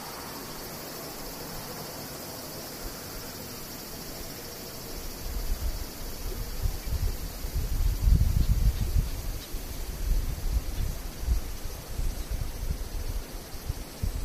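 Cicadas keep up a steady, thin, high-pitched drone throughout, while a low rumbling, like wind or a passing vehicle, swells from midway, peaking around eight seconds.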